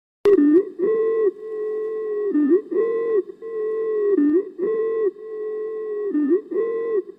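A simulated breath sound with a loud, high-pitched musical tone in each cycle, a shorter phase alternating with a longer one, about 30 cycles a minute. This is stridor, a noisy, tonal breath sound caused by narrowing of the upper airway.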